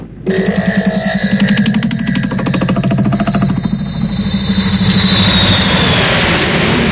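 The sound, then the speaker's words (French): An airplane engine drones steadily in flight, a loud, throbbing low hum layered with a thin high whine, while a rushing hiss swells louder over the final seconds. No one speaks. “Ah, je profite du fait que nous soyons dans l'avion pour vous dire un truc super important.”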